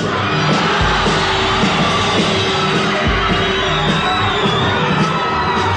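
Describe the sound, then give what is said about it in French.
A large crowd screams and cheers continuously at a concert, a dense roar of shrieks and whoops with a couple of low thumps underneath. “Une fois, je veux vous entendre crier.”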